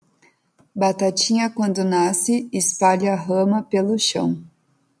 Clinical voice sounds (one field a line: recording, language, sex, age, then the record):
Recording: short text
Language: Brazilian Portuguese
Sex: female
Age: 20 to 29 years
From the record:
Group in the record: control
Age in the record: 24 years